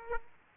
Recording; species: mosquito wingbeat signal from an infrared sensor; Aedes aegypti